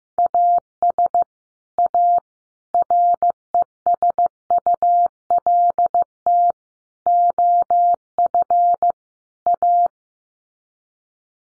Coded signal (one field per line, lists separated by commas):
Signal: Morse code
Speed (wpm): 15 wpm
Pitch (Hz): 700 Hz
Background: none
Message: AS A RESULT OF A